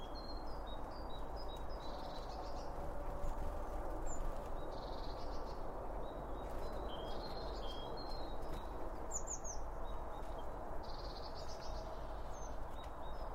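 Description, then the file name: Birds chirping in quick bursts of high tweets and short buzzy trills, with a louder sharp note partway through, over low constant noise. Birds around a bird feeder, recorded with two Line Audio OM1 microphones. "Birds Around Birdfeeding With Two Om 1 From Line Audio"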